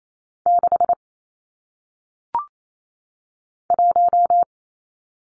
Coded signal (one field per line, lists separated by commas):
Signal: Morse code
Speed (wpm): 28 wpm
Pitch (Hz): 700 Hz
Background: none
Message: 6 1